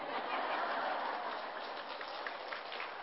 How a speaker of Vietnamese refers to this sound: Chiều nay chắc có lẽ là những tràng pháo tay của đạo tràng Phật tử cũng đã thay thế cho sứ ngôn viên trong cái buổi giới thiệu cũng như là cung thỉnh pháp thoại của Thầy.